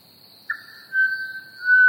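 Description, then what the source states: Pied Butcherbird giving a single long, pure whistled note held level, with a continuous high-pitched cricket chorus behind it. Recorded together with chirping crickets.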